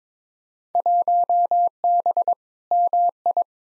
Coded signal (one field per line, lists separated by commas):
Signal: Morse code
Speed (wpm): 22 wpm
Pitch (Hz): 700 Hz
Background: none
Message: 1B MI